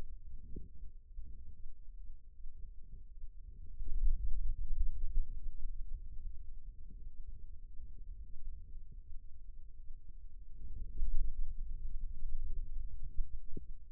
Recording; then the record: forearm muscle sounds (acoustic myography)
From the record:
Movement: pen grasping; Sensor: system 2, bracelet of six BSWA MPA416 microphones around the upper forearm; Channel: 1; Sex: male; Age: 22 years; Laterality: right